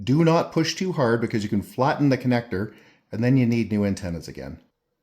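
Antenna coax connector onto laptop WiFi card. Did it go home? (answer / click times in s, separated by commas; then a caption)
no / none. A tiny coaxial antenna connector is being handled over the terminal of a laptop's M.2 WiFi card, to be snapped on with a thumbnail. Someone talks throughout, with a brief pause near 3 seconds. Nothing has seated or clicked yet.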